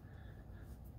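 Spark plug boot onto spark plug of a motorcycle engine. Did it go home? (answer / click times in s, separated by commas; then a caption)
no / none. A spark plug boot is being handled over the spark plug of a Harley M8 motorcycle engine while the plugs are changed to cure a misfire at warm-up. Only a steady low rumble and broadband handling noise are heard, with no distinct click. The boot has not clicked onto the plug yet; nothing has seated.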